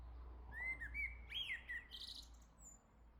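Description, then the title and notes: Common blackbird song fragment: a few fluting whistled notes and a quick high twitter, over a low rumbling background. "Le Merle salue l'été, 3 Gd Rue de Chassagne, 17220 La Jarrie, France. Quel Sol!!!! pour saluer l'arrivée de l'été ce matin! Merci Jolie Merle de tes vocalises à proximité!"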